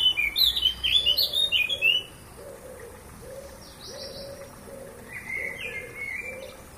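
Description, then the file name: Eurasian blackcap song: a short burst of quick, scratchy warbled notes that stops after two seconds. A lower, evenly repeated note and faint high phrases continue behind it. "Sylvia atricapilla"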